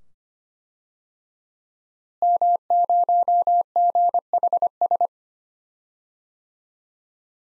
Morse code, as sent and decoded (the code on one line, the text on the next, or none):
-- ----- --. .... ...
M0GHS